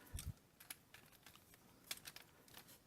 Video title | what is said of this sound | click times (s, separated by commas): TFC toys Old Soldiers OS-02 Detective Aka Autobot Hound | this back this snaps into that post there and this kind of just snaps into place there | 0.2 s, 0.7 s, 1.9 s